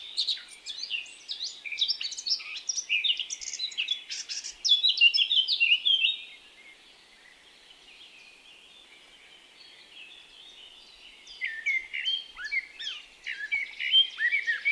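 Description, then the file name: Eurasian blackcap song: busy, scratchy warbling for about six seconds, then near silence, then the warble resumes toward the end. "Sylvia atricapilla"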